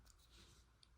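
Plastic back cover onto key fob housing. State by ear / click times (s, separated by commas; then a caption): not seated / none. The plastic back cover of a Volkswagen Atlas/Tiguan key fob is handled and positioned back onto the fob housing after a battery change. Only quiet handling is heard, with brief faint ticks around 0.1 s and 0.8 s. Nothing has seated or clicked yet.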